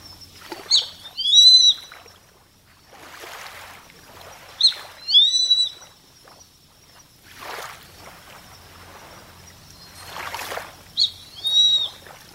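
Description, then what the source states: Grey-faced buzzard repeats a two-part whistled call, a sharp note then a longer slurred whistle, three times, between surges of rushing noise. Kamishima, Mie Prefecture, Japan.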